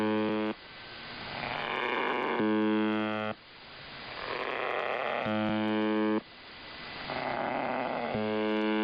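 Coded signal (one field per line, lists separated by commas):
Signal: channel marker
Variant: UVB-76 (The Buzzer)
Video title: [2023/01/15] UVB-76 奇妙なブザー音 strange buzzing sound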